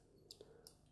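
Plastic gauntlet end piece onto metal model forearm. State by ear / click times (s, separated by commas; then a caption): not seated / none. A plastic gauntlet end piece from a model kit is handled against a metal forearm, with short, sharp high-frequency ticks at 0.3 s and 0.7 s and a softer, lower knock at 0.4 s over a faint steady hum. The part has not seated or snapped into place yet.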